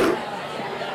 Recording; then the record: coughing mixed with background sound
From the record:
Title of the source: Coughing 77